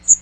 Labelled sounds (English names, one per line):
Magnolia Warbler flight call